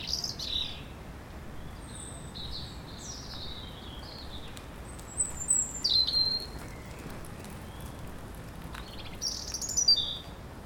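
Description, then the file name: European robin song: thin, high, wavering phrases of whistles and trills, several short bursts spread throughout, over steady background hiss. "Erithacus rubecula"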